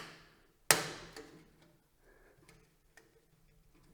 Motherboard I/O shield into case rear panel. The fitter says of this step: then we're just going to have to push it in till it clicks.